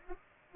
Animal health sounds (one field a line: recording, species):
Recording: mosquito wingbeat signal from an infrared sensor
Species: Anopheles arabiensis